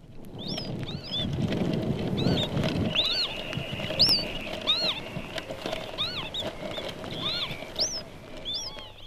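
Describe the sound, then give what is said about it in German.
Thin, high peeping calls from chicks still inside their eggs, repeated irregularly in short rising-falling chirps over a soft, low rustling background. “Rufe von Küken im Ei kurz vor dem Schlüpfen.”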